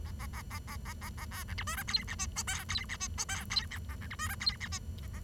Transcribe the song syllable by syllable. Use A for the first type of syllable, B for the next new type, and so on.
A A A A A A A A B C D E F G H I J K G H I J K G H A C D E F G H I A A